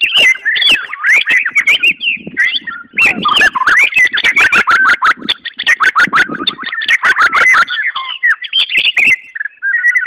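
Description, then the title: White-rumped shama pouring out continuous song: dense whistled warbles interspersed with sharp ticking clicks, barely pausing throughout. Wild forest bird; its original, natural song. "Kicau Asli Murai Batu Hutan"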